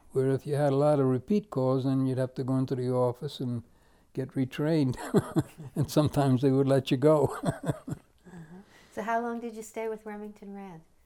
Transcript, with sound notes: Where if you had a lot of repeat calls, then you'd have to go into the office and get retrained and sometimes they would let you go. [Laughs]
Uh-huh. So how long did you stay with Remington Rand?